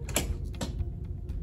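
A storage latch at the bottom of a folding room divider is pulled out to release the panels, giving a sharp click at 0.2 s as it opens. A fainter pair of clicks follows around 0.6 s over a low background hum, and the latch ends released.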